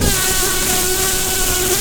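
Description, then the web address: Brown-banded carder bee buzzing, a steady droning hum with even harmonic bands holding a constant pitch throughout, over a broad hiss. Queens. "Humilis queens"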